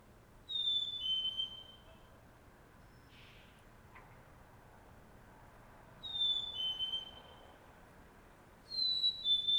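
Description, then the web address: Bird whistled call: clear high two-note whistle, second note a little lower, repeated a few times at irregular gaps, with a soft low background rumble. Single bird calling in early morning, suburban city ambience, Montreal, Canada, with distant traffic passing by. "Nature in the City AMB SUBURB Solo Bird Call, Early Morning, Distant Traffic Passbys, Montreal, Canada"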